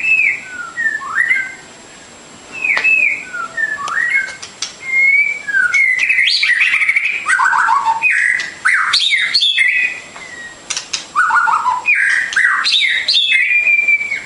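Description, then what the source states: Bird song: a long, varied medley of whistles, chirps and descending note series, broken by short pauses. Song recording used for training (masteran) caged songbirds.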